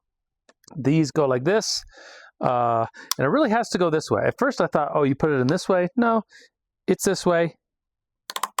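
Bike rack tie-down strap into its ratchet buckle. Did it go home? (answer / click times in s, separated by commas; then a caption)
yes / 8.3 s, 8.6 s. Someone talks while a plastic ratcheting tie-down strap, which secures a bike to a hitch rack, is pushed into its buckle the correct way round. Sharp clicks ring out at 8.3 s and 8.6 s as the strap ratchets in. The strap is seated and will not come out.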